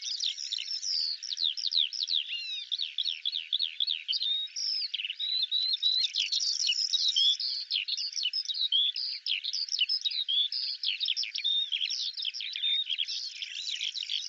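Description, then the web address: Eurasian skylark song, a dense, continuous high warble of fast buzzy trills and chirps that runs without pause throughout, with no other sounds. "Deverinetal 2025 File cleaned normalized Bird Al Ar"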